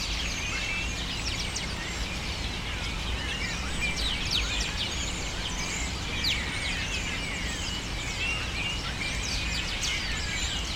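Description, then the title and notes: Many birds shrieking and chirping nonstop, their high, overlapping notes forming a continuous din above a constant low background drone. Birds taking refuge in city cypresses, screaming without stopping, especially in the afternoon. "Muchos de los cipreses de mi ciudad se han convertido en el refugio de pájaros que, sobretodo por la tarde, gritan sin parar."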